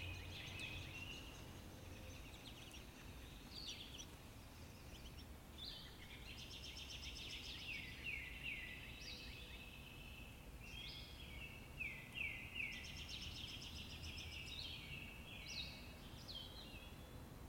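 Birds sing in a forest, their bright chirps and trills overlapping almost continuously through the clip, with quick repeated notes standing out around the middle and again near twelve seconds. A steady low rumble and hiss sit underneath throughout.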